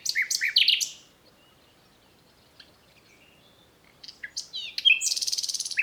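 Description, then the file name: Common nightingale song: loud rich whistled phrase, a pause with faint notes, then a sharp burst ending in a fast pulsed rattle. "Luscinia megarhynchos"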